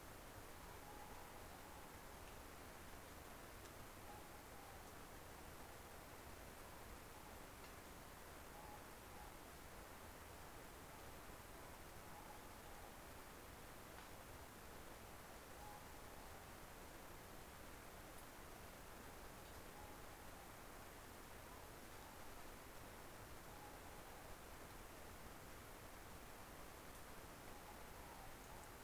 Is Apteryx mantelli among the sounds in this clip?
no